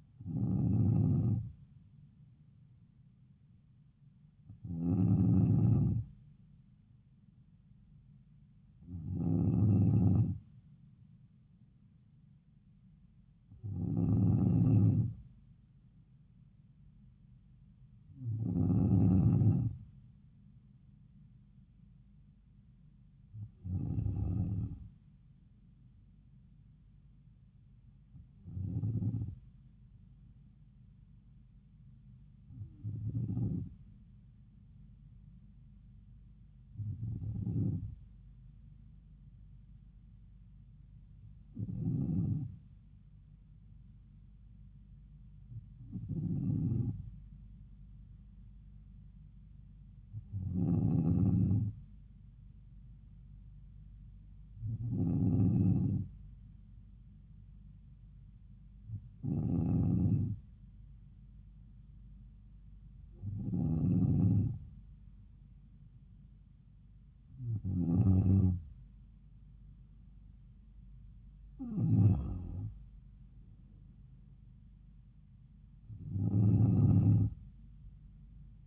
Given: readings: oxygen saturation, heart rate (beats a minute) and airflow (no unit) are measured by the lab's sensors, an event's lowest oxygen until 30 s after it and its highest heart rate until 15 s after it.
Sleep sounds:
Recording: breathing in sleep by a smartphone at the bedside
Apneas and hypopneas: none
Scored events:
none scored
From the record:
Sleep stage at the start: N2 (light sleep)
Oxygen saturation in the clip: 94 to 95%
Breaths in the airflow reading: 18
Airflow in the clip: -4.3 to 6.6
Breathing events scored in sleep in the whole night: 270 in 6.1 hours asleep

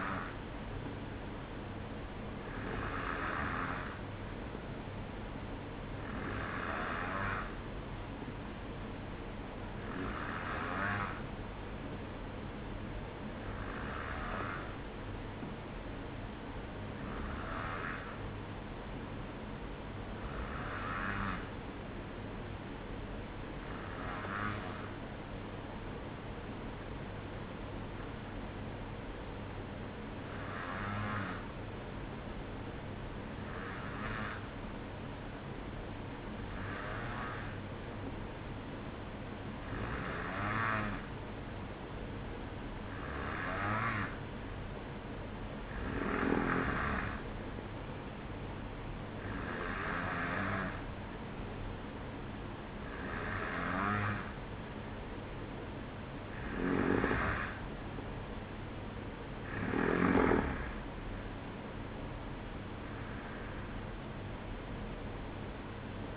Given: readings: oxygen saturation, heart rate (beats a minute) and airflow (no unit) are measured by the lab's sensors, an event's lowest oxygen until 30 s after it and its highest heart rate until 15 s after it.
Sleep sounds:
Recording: breathing in sleep by a voice recorder at the bedside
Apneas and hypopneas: 1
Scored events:
21.00-58.60 s: hypopnea (N1, oxygen 93% highest, then 92% lowest, heart rate 55 at the start, 61 highest)
From the record:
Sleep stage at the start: N1 (lightest sleep)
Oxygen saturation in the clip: 92 to 93%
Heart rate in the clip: 54 to 61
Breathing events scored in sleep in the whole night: 305 in 9.6 hours asleep

